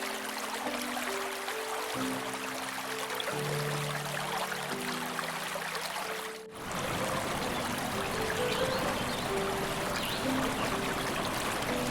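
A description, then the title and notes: Piano music plays over a steady rush of river water. For the first six seconds low, sustained chords sound beneath the water. After a brief dip near six and a half seconds, sparser, higher notes continue while the dense flowing water stays constant throughout. Piano music with river sounds.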